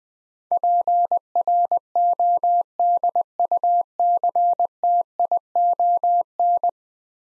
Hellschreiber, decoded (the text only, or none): none